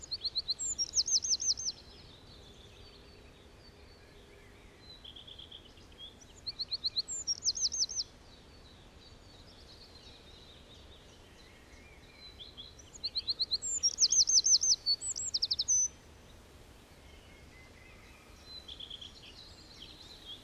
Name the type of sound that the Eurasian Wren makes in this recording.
song